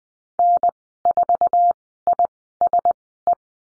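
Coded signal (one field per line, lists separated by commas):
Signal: Morse code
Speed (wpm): 20 wpm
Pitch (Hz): 700 Hz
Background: none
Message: N4ISE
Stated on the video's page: Morse lesson on the letter D in call signs, Farnsworth spacing 20/10 wpm.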